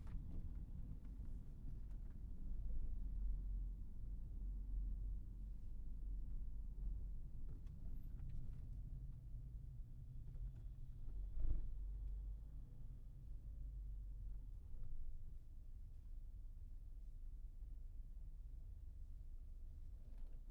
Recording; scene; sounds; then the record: everyday scene through a hearing-aid microphone; in a vehicle; engine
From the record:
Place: Berlingo II, diesel engine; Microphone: behind the ear, right, rear